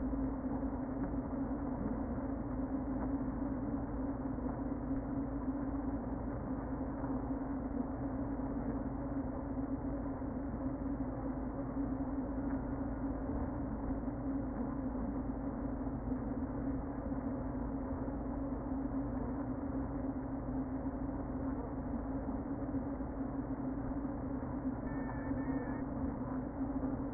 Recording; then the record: honeybee colony, microphone inside the hive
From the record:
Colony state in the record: queen present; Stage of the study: before two queens were removed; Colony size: about 60,000 bees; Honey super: yes